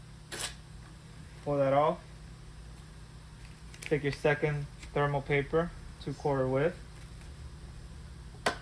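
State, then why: Released. Someone talks while the second (journal) printer cover on a cash register is pulled up. Its snap mechanism releases with a sharp snap at 8.5 s, and the cover snaps open.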